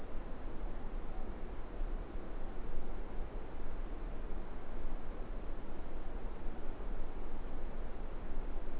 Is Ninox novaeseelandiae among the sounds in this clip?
no